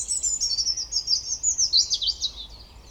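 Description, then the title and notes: European robin: high-pitched songbird twittering, a continuous run of fast, thin, tinkling notes sliding slightly downward over three seconds. Recorded at Koniówka, Lesser Poland, Poland, using a Zoom F3 recorder with a Usi Pro microphone on a drop rig. "Koniówka, województwo małopolskie, Polska - Robin, King of the Petland. Recordist: Maciej Wirmański"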